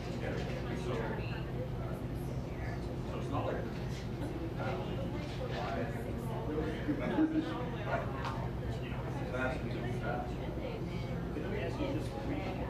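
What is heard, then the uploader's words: A buzzing coffee shop, with many overlapping voices blending into a dense, steady murmur and no single conversation standing out. A low rumble runs underneath throughout, and brief clinks and clatters surface now and then, one slightly louder around the seventh second. A buzzing coffee shop.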